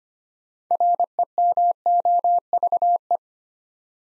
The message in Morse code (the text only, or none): REMOVE